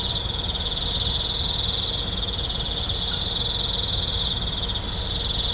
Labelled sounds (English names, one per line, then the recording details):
none
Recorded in pastures near Puerto Asís, Putumayo, Colombia, on 20 December 2024 at 20:00
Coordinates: 0.502, -76.324
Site G077